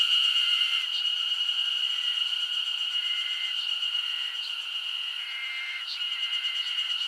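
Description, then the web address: Insect chorus, an unbroken high-pitched ringing with a fainter lower hum and several brief level tones throughout. Summer insect ambience recorded in Japan. "Sound Effects-Foundation 1 AMBIENCE JAPANESE SUMMER INSECTS 01"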